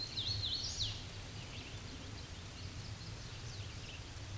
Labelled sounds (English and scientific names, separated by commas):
Hooded Warbler (Setophaga citrina) song